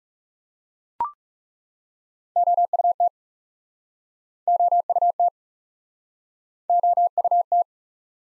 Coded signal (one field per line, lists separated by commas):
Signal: Morse code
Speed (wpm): 43 wpm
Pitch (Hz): 700 Hz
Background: none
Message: OUT OUT OUT